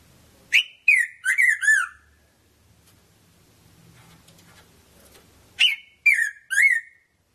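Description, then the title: Red-throated parrotfinch calls: a fast run of four to five harmonic notes, a quiet stretch of a few seconds, then another group of three. "Erythrura Psittacea"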